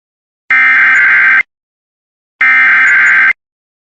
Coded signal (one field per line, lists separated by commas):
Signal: Emergency Alert System (SAME) tones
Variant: header bursts